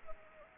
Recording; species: mosquito wingbeat signal from an infrared sensor; Anopheles arabiensis